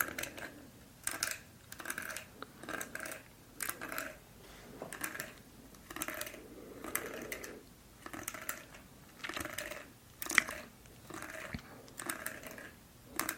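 Scissors snip through hair during a haircut, the quick crisp cuts coming in short clusters roughly once a second with brief pauses between. A soft low rumble runs steadily underneath, and one sharper, louder snip stands out around the ten-second mark.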